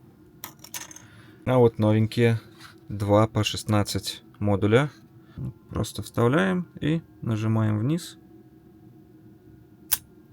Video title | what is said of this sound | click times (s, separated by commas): Улучшения в АВТОДОМЕ. И про жизнь американцев. | And it clicks into place. | 9.9 s